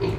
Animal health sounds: contact call of a hoofed animal; pig; closed-mouth grunt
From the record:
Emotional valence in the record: positive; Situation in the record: food and toys in familiar pen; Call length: 0.19 s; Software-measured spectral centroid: 1620 Hz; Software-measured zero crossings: 990 a second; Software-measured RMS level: -25 dBFS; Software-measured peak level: -15 dBFS

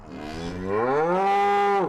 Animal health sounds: contact call of a hoofed animal; cattle; low-frequency (closed-mouth) or high-frequency (open-mouth) call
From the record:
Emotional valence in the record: negative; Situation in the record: full separation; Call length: 1.89 s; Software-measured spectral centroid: 1400 Hz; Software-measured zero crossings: 1430 a second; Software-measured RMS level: -23 dBFS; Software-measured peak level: -14 dBFS

